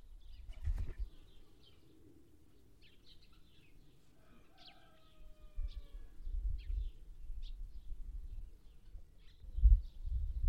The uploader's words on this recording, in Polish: Dźwięki wsi w okolicach naszego domu. Jest tu mnóstwo dzikich zwierząt, które wydają niesamowite dźwięki.